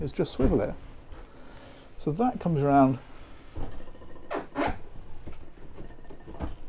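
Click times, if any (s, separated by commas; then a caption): none. A swivel cab seat in a Fleetwood Discovery LXE 36HQ motorhome is turned around on its base toward the dining area while someone talks. Faint handling and rubbing sounds accompany the movement, but nothing has clicked or locked into place yet.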